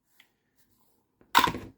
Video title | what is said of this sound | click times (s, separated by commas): The QSP Viper l Best Production Fixed Blade Of Blade Show Texas 2025 | Retention is definitely definitely there. Love that click. | 1.4 s